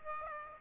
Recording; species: mosquito wingbeat signal from an infrared sensor; Aedes aegypti